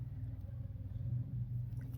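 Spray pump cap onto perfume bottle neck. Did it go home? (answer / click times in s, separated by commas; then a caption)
no / none. A spray pump cap is pressed down onto the neck of a cut-down bottle of Versace Eros-inspired eau de parfum, with crunching, grinding contact over a steady low rumble and a few sharper scrapes near the end around 1.8–2.0 s. The cap fails to grip the bottle, and nothing has seated or clicked yet.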